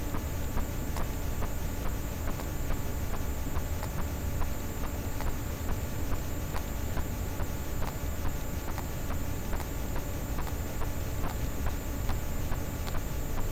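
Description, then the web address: Sperm whale clicks, brief and percussive, in a loose irregular series through a heavy low droning background with steady hiss. "Physeter Macrocephalus clean cachalot positif"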